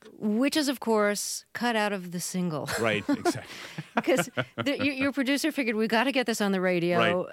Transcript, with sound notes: Which is, of course, cut out of the single (laughter).
Right, exactly (laughter).
Because your producer figured, we've got to get this on the radio.